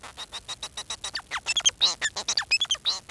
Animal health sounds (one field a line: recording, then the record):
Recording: song of a male Bengalese finch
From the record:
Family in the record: son of father 4